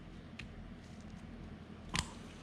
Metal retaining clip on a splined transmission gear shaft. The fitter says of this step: there you go you hear that clip there